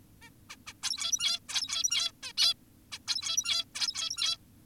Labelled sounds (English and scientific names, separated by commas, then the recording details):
Zebra Finch (Taeniopygia guttata)
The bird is an adult
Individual g17y2U